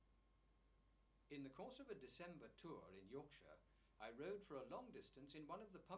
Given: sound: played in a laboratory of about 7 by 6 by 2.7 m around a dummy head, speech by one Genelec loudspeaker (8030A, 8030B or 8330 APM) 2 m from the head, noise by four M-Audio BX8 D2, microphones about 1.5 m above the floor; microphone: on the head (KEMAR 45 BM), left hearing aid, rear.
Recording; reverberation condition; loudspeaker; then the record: male speech in English; low; 120 degrees to the left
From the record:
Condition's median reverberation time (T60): about 310 ms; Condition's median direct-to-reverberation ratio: about 3.5 dB